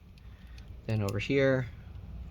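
A second heatsink screw is handled over a motherboard standoff inside an ASUS VivoBook 15 X512J notebook while someone talks from about 0.9 to 1.6 s, with faint small ticks near 0.2 and 0.6 s. Nothing has seated or clicked yet; the clip ends before the screw is twisted until its thread catches.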